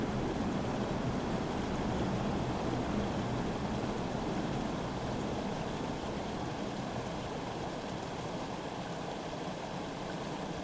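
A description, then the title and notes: Water runs steadily beneath the ice in a dense, unbroken rush with a deep, rumbling body and a softer hiss above it. The flow stays even throughout, easing slightly in loudness about halfway, with no distinct splashes or other sounds. A River Under The Ice. In a cabin far up in the mountains, I had the opportunity to record a frozen river. It was obviously not completely frozen, as I could hear running water under the ice. I recorded in several different places, as the sound changed every time I moved the microphone a few centimeters. Cold Christmas morning.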